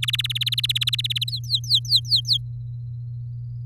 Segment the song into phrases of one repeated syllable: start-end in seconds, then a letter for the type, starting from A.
0.02-1.30 A, 1.30-2.37 B